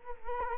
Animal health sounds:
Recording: mosquito wingbeat signal from an infrared sensor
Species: Culex quinquefasciatus

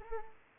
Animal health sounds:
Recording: mosquito wingbeat signal from an infrared sensor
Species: Culex pipiens

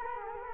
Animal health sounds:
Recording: mosquito wingbeat signal from an infrared sensor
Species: Culex quinquefasciatus

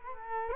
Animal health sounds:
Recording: mosquito wingbeat signal from an infrared sensor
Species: Culex quinquefasciatus

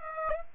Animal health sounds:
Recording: mosquito wingbeat signal from an infrared sensor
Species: Aedes aegypti

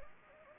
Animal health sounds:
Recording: mosquito wingbeat signal from an infrared sensor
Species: Anopheles gambiae

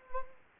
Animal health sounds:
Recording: mosquito wingbeat signal from an infrared sensor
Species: Anopheles gambiae

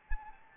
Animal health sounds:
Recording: mosquito wingbeat signal from an infrared sensor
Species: Anopheles arabiensis

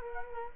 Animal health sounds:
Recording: mosquito wingbeat signal from an infrared sensor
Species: Culex quinquefasciatus

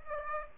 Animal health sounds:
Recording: mosquito wingbeat signal from an infrared sensor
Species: Aedes aegypti

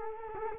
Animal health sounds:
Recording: mosquito wingbeat signal from an infrared sensor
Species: Culex quinquefasciatus

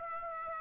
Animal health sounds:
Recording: mosquito wingbeat signal from an infrared sensor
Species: Aedes aegypti

